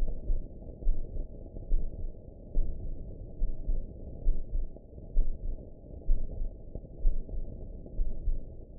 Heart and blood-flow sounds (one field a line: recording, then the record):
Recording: heart sounds by optical stethoscope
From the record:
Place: pulmonary valve (PV)